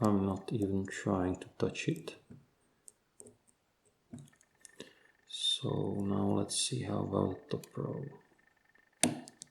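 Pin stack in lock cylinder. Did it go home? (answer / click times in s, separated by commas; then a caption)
yes / 9.0 s. Someone talks while pin seven in the pin stack of a Goal V18 lock cylinder is lifted with a pick, with a few faint ticks along the way. At 9.0 s a sharp, loud click sounds as the pin sets at the shear line.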